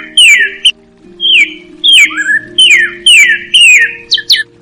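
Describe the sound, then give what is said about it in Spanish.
A cardinal songbird in La Guajira sings a series of clear, downward-slurred whistled notes, repeated about five times in steady rhythm, loud, over a faint low background hum. “El pájaro cardenal es un pájaro cantor que habita en la Guajira.”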